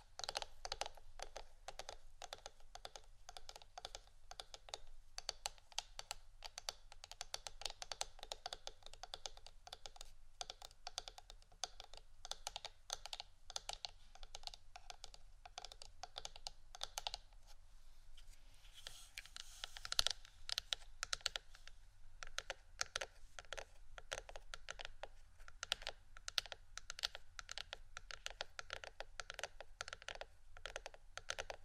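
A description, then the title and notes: Fast, dense tapping on wooden items runs through nearly the whole clip, crisp clicks arriving in irregular bursts much like typing. Around seventeen to twenty seconds the taps thin out and give way to a brief scratchy rasp with one sharper knock, then the quick tapping resumes. ASMR Tapping & Scratching Wooden Items（No Talking）.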